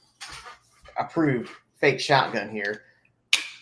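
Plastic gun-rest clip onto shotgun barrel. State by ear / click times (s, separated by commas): seated / 3.3 s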